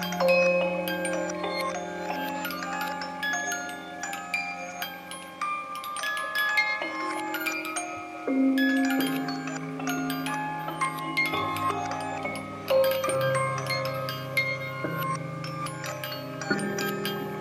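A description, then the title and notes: A wind-up music box plays a continuous tinkling melody of bright, plucked metal notes that ring on and overlap. Lower sustained tones shift every second or two beneath the tune, with a faint mechanical ticking. This piece was created using a single wind up 'Music Box' that I reclaimed from a musical parlor table, circa 1900, that was destined for the scrap heap. This mechanical music maker was recorded in Binaural Stereo using specialized Microphones positioned in side my own ears.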